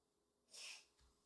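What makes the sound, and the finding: Dog. Sneeze.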